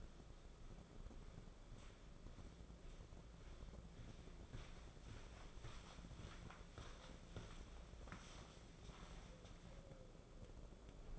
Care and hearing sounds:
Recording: daily activity, microphone in the room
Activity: walk to room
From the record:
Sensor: 5

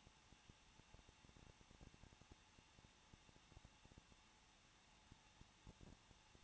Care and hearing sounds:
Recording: daily activity, microphone in the room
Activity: no activity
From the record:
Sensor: 1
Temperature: 20.1 degrees Celsius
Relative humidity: 39.3%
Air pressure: 1006.4 hPa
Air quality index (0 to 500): 219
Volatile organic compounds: 80 ppm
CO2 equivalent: 3606 ppm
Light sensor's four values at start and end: 1/2/1/1 and 1/2/1/1

